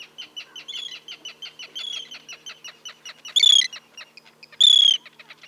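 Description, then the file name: Arctic tern calls: a fast series of short clipped notes, broken by two loud, harsh, drawn-out screeching calls near the end. "Arctic Tern Sterna paradisaea"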